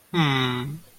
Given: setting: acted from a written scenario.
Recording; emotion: vocal sound without words; adoration